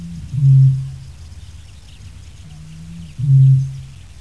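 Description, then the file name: Eurasian bittern booming: two deep, hollow low booms about three seconds apart. "Botaurus stellaris"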